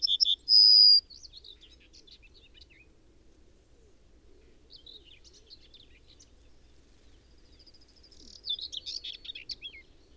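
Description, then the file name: Yellowhammer song ending in a long, high drawn-out note at the start, followed by faint scattered chirps and a brief burst of twittering near the end. "trznadel david m"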